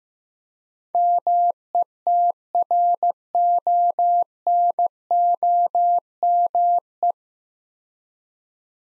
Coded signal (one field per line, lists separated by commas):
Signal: Morse code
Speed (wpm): 15 wpm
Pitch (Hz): 700 Hz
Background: none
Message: METRONOME